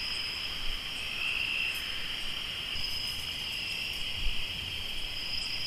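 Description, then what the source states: Crickets chirping in a dense continuous chorus, a steady high trill with a second band above it, over faint low rumble. Crickets recorded in Tlayacapan, Morelos.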